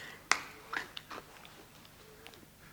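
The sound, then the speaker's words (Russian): A hard lump of sugar is bitten with a sharp crunch, followed by a few smaller crackling chews that fade into quiet grinding. No one speaks. “Ну, хочешь, я его съем сейчас же. Вот сию минуту.”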